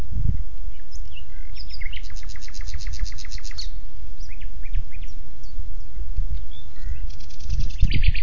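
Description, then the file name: Common nightingale song with a loud burst of rapidly repeated sharp notes, followed by quieter varied chirps and another rattling phrase at the end; low rumbling noise throughout. "Luscinia megarhynchos"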